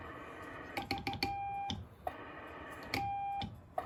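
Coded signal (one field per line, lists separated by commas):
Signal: none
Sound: music synth notes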